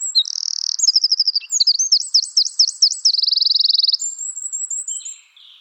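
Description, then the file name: Eurasian wren pouring out a vigorous song: buzzy trills, a run of sharp looping notes, a fast rattle, then thin high whistles fading out. "Troglodytes troglodytes"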